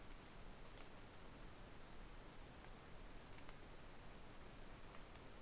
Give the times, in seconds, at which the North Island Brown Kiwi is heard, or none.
none